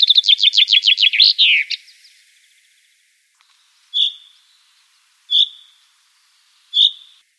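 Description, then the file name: Common chaffinch: a song's closing trill and flourish, followed by three short, sharp single call notes spaced roughly one and a half seconds apart. "buchfink"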